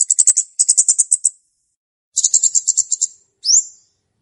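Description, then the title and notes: Flowerpecker calls: high, thin ticking notes in three rapid series of about seven to ten each, the first two close together, then a single rising sweep. Calls used as a lure for trapping birds; recorded birds named by the local name cabe cabean. "Kicau Untuk Pancing Burung Kemade ( Cabe Cabean). Suara Burung Cabe Cabean Pikat"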